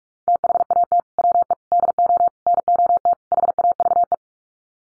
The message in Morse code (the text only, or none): THAT WE DO NOT HAVE